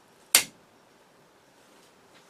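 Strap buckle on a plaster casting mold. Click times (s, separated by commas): 0.4 s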